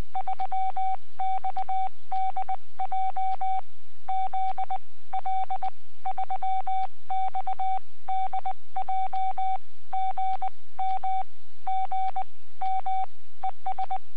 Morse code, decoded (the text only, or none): 3XDJ ZL3XDJ GM GM ES